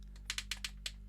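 A drill bit is being tightened by hand in the keyless chuck of an Erbauer cordless drill, and once it is snug the chuck is given extra turns. Its ratchet makes a run of sharp, small cracking clicks at 0.3, 0.5, 0.7 and 0.9 seconds over a steady low hum. The chuck ratchets tight around the bit.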